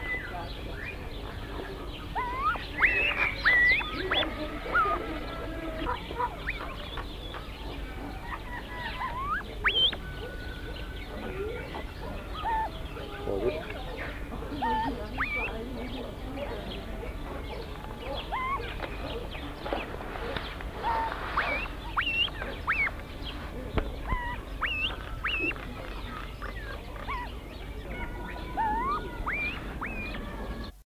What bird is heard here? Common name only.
Black Curassow